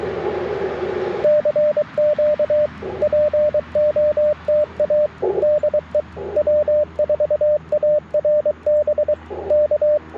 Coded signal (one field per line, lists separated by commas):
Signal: Morse code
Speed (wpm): 23 wpm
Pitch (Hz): 600 Hz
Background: radio noise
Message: CQ POTA DE W4ARB K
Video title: On-Air CW for Morse Code Practice - QRP CW POTA 9/27/23 @ Tuskegee National Forest (K-4451)